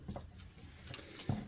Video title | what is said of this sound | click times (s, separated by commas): Finding French antiques in Normandy and a visit to Pontmain. | and if you click the top open | 0.9 s